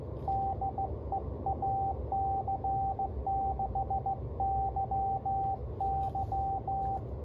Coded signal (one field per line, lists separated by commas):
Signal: Morse code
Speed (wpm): 16 wpm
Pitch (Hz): 780 Hz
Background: radio noise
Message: DE AC6YY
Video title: KH1 CW Decode Test